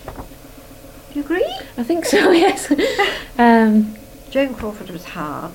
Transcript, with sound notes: Do you agree?
I think so, yes. [laughs] Erm.
Joan Crawford was hard.